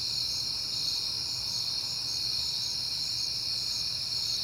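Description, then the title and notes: Many crickets produce a level, piercing chirping drone with regular pulsing throughout. Crickets on a peaceful night in September. "Night Time: Crickets and Passing Cars. It is September and I have been hearing the crickets a lot, but finally had a peaceful night to make the recording"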